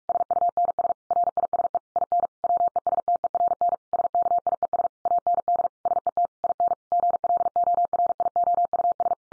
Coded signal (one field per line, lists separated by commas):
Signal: Morse code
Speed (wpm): 46 wpm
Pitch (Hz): 700 Hz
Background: none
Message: SUNS RISE IN WESTERN SKIES AND SET IN GLORIOUS